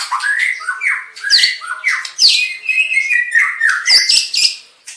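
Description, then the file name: White-rumped shama song: a fast, varied run of rich whistles and harsh squawky notes sliding between low and high pitches, continuous with brief dips. Aceh variety, full variation song. "Suara Burung Murai Batu Aceh Variasi Lengkap"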